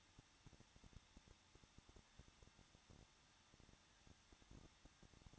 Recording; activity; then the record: daily activity, microphone in the room; no activity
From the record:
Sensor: 3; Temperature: 21.2 degrees Celsius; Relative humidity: 36.4%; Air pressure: 1006.3 hPa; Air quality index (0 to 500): 222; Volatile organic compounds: 42 ppm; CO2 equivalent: 3175 ppm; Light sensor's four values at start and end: 2/3/2/2 and 2/3/2/2